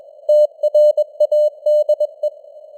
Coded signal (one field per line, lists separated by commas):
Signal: Morse code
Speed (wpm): 21 wpm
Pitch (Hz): 600 Hz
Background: none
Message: TRADE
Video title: Morse Code News | 2025-10-11 | 21wpm